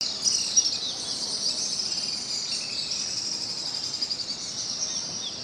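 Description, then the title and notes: Swiftlets giving an unbroken, very high twittering chorus, busy and shimmering, with brief louder chirps near the start. Colony nesting in concrete corners under a market bridge in Pangkajene; birds fly around the bridge and forage over houses and an open market; heard every morning. "Kolong Walet. suara dari anggota keluarga Burung Walet yang bersarang di sudut-sudut beton bawah Jembatan Pasar Sentral Pangkajene"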